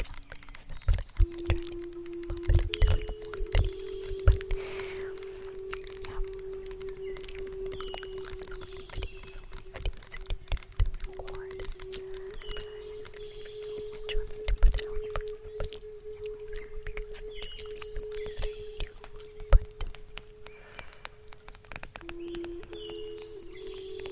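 A native flute holds long, low, breathy notes, moving only by small steps and pausing briefly near the start and around the twenty-second mark. Short bright chirps recur every few seconds above it, and scattered clicks and pops run throughout.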